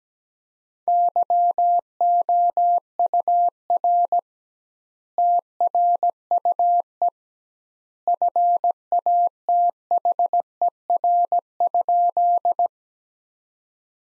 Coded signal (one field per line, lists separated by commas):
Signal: Morse code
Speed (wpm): 17 wpm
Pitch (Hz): 700 Hz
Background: none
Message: YOUR TRUE FATHER?